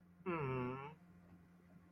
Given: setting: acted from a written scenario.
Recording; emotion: vocal sound without words; disappointment